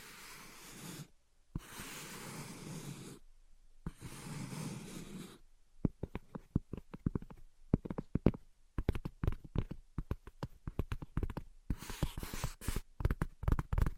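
Tapping and scratching: three long hissing scratch strokes with pauses, then from about six seconds quick, irregular sharp taps in dense clusters.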